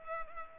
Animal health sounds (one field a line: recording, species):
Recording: mosquito wingbeat signal from an infrared sensor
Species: Culex pipiens